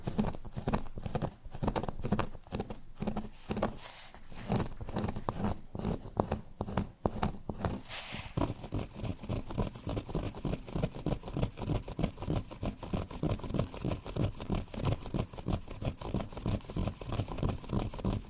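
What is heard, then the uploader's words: Rapid, regular scratching on cork, a dense rasping patter that turns finer and steadier after about eight seconds and continues unbroken. Scratching on Cork (NO TALKING).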